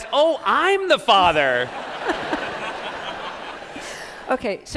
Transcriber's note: laughter